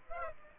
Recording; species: mosquito wingbeat signal from an infrared sensor; Aedes aegypti